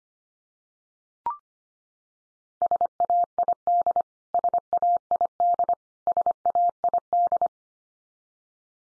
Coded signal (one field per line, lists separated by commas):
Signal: Morse code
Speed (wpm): 25 wpm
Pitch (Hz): 700 Hz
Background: none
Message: SAID SAID SAID